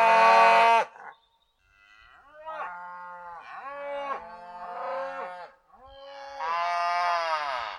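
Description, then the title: Cows mooing: a loud, rich low call, then a series of drawn-out, wavering moos of varying length, with a final strong bellow. A family of brown Sussex cows calling to another family of cows in the next field. "Cows On BBC Radio 3"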